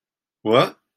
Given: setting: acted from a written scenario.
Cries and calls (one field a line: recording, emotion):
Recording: vocal sound without words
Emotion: positive surprise